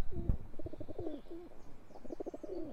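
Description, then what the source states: Feral pigeon cooing, low grumbly rolling coos in two bouts, with faint higher bird calls and a soft knock at the start. A male chasing a female, sounding very grumbly; about 50 feral pigeons were in front of the speakers.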